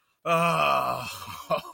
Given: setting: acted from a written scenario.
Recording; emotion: vocal sound without words; relief